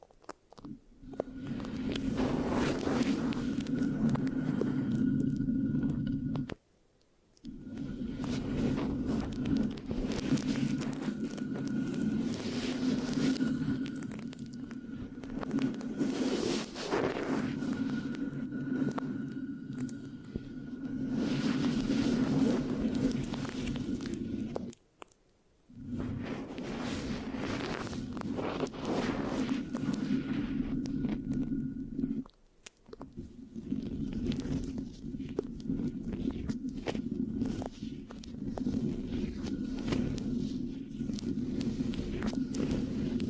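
Steady scratching and rubbing on a microphone, a dense low rasp with brief silent breaks near 7, 25 and 32 seconds.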